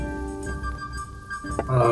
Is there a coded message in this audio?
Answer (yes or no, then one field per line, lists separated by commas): no